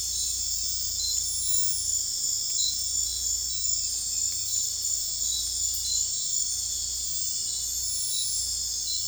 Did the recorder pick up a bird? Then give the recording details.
no. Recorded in dense forest near Puerto Asís, Putumayo, Colombia, on 16 December 2024 at 00:30. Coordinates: 0.466, -76.327. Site G075